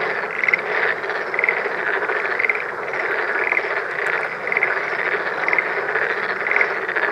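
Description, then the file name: Black-spotted pond frogs croak in a thick continuous chorus, with clear pulsed calls repeating roughly every second. Recorded 19 April 2017. "tonosamagaeru 170419"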